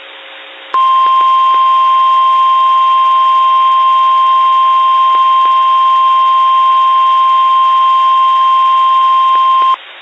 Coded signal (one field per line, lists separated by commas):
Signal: Emergency Alert System (SAME) tones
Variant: 1050 Hz attention tone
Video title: REQUIRED WEEKLY BOREDOM - EAS Tests from 10/26/22 (EAS #689 - 692)